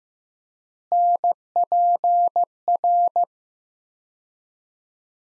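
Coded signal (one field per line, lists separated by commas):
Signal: Morse code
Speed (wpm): 15 wpm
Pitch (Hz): 700 Hz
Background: none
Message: NPR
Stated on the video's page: Morse practice at 15 wpm, sets of five words sent with 3x word spacing, a word-based analogue of Farnsworth spacing; head-copy drill with each set then spoken.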